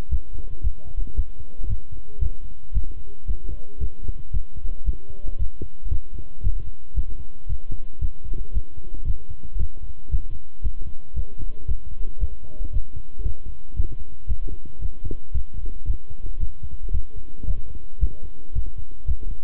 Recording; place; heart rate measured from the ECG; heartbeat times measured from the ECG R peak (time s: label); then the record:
heart sounds by stethoscope; between the tricuspid and mitral areas; 114 bpm
0.11 s: heartbeat
0.63 s: heartbeat
1.16 s: heartbeat
1.69 s: heartbeat
2.21 s: heartbeat
2.74 s: heartbeat
3.27 s: heartbeat
3.80 s: heartbeat
4.33 s: heartbeat
4.86 s: heartbeat
5.39 s: heartbeat
5.90 s: heartbeat
6.43 s: heartbeat
6.96 s: heartbeat
7.49 s: heartbeat
8.01 s: heartbeat
8.54 s: heartbeat
9.06 s: heartbeat
9.59 s: heartbeat
10.11 s: heartbeat
10.63 s: heartbeat
11.16 s: heartbeat
11.68 s: heartbeat
12.20 s: heartbeat
12.73 s: heartbeat
13.24 s: heartbeat
13.76 s: heartbeat
14.28 s: heartbeat
14.81 s: heartbeat
15.34 s: heartbeat
15.87 s: heartbeat
16.40 s: heartbeat
16.93 s: heartbeat
17.47 s: heartbeat
18.00 s: heartbeat
18.55 s: heartbeat
19.07 s: heartbeat
From the record:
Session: walking at 3.7 km/h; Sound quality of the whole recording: good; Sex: male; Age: 25 years